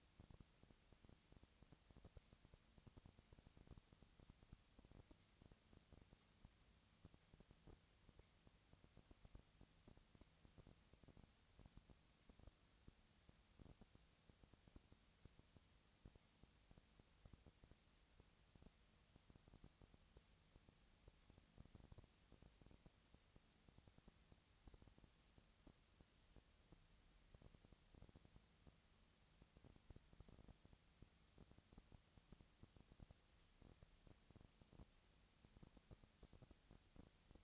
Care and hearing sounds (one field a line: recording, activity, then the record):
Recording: daily activity, microphone in the room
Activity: no activity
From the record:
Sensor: 3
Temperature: 20.4 degrees Celsius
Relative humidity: 34.4%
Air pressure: 997.0 hPa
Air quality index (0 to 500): 205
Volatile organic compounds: 68 ppm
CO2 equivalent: 3497 ppm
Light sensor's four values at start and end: 2/3/2/2 and 2/3/2/2